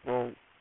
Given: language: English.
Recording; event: throat vibration sensor signal played as sound; speech